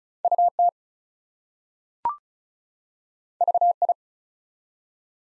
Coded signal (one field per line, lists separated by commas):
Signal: Morse code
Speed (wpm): 36 wpm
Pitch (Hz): 700 Hz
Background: none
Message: UT VI